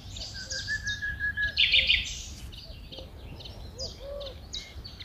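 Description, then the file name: Common nightingale song with a long, level whistle beneath high notes, then a loud rasping burst and scattered high chirps and short varied notes. Recorded at Engelermeer, Netherlands. "Nightingale Nl Engelermeer"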